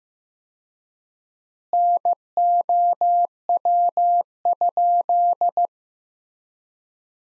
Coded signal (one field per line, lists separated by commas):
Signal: Morse code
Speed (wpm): 15 wpm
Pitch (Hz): 700 Hz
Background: none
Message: NOW?